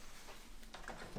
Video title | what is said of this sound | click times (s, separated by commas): How to “Properly” Install Poly Engine/Trans Bushings | it doesn't click in I have to buy a new bezel for the the light just leave that there's enough | none